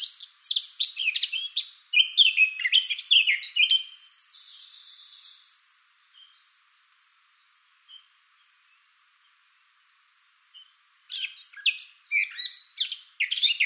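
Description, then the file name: Eurasian blackcap song, a dense warbled phrase ending in a sustained note, a quiet gap with stray notes, then another fast warbled burst. "Sylvia atricapilla"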